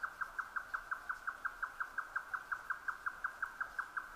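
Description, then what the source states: Grey nightjar song: steady, unbroken repetition of knocking notes at a quick, machine-like pace throughout. Recorded 12 June 2009 at 22:41.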